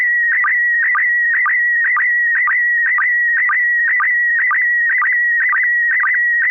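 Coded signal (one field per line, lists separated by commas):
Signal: SSTV (slow-scan television)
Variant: PD120 mode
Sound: steady warbling tone near 1.9 kHz with a rhythmic low blip about twice a second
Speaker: affirmative this is going to be uh pd1 120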